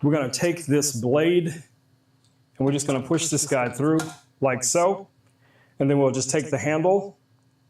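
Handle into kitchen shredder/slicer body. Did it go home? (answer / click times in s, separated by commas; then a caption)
no / none. Someone talks while pushing a blade through a kitchen slicer/shredder body and then picking up the handle that locks onto the shredder base. Only soft handling noises sound between the words, and the clip ends before the handle goes home, so nothing has seated or clicked yet.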